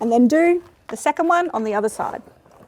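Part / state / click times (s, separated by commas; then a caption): child car seat ISOFIX connector onto vehicle ISOFIX anchor / not seated / none. Someone talks while the second ISOFIX connector, on the other side of a rearward-facing child car seat, is being handled toward the vehicle's metal ISOFIX anchor. Nothing has seated or clicked yet.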